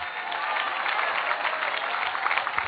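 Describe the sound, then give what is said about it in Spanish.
An audience applauding during a sermon, steadily, a dense wash of many hands clapping at an even, sustained loudness for a few seconds with no voices on top. “No meramente aplaudan, que un aplauso se le da a cualquiera.”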